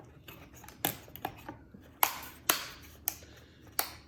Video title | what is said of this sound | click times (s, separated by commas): Card Tray Assembly Instructions | And you hear the snapping a little bit. It's just the plywood locking into the groove. | 0.8 s, 2.0 s, 2.5 s, 3.1 s, 3.8 s